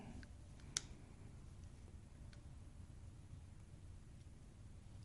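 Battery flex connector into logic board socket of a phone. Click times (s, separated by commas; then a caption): 0.8 s. The battery flex connector of an iPhone 5c is pressed onto its logic board socket a second time to get an audible snap. A single sharp click sounds at 0.8 s over a low, steady background hum. The connector is seated with a snug fit.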